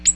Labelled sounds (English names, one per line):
Ovenbird flight call